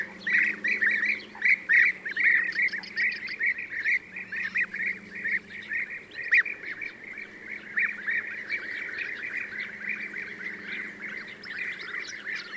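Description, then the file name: European bee-eater chorus of trilling, rolling calls, several birds overlapping without pause, with a low background hum. "gyurgyalag"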